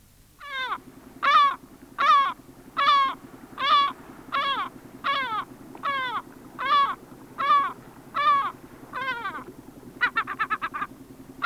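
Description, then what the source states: Lesser Black-backed Gull calling in a long series of harsh, nasal, downslurred laughing notes, about one every three-quarters of a second, ending in quicker clipped notes; steady low hum beneath. Sweden.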